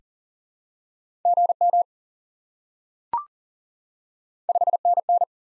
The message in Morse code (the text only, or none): GM 5NN